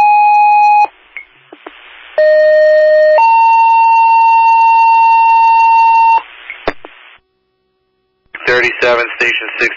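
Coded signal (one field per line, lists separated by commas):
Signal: two-tone page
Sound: a brief tone, pause, then a one-second tone and a three-second higher tone, then a voice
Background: radio dispatch voice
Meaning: The tone pair alerts the assigned fire company to a dispatch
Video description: dispatch toned out a working structure fire at a residence on Sunset Ave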